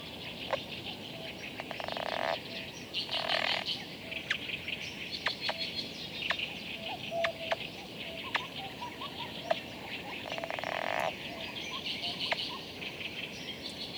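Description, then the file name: Baillon's crake song: three brief dry rattling trills, the first two about a second apart and the third several seconds later, with scattered sharp ticks and steady background hiss. Song, recorded at 03:15 on 7 June 2022 at Luo Ma Hu, Beijing, China. "2022-06-07-0315-Baillons-Crake-song-Luo Ma Hu"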